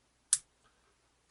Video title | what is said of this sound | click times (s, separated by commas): #DINOSAURIA #wind-up #yester-year #goodoldtoys #selfie #instagood Home Bargains Wind-Up Dinosaur | and then it clicks into there. | 0.3 s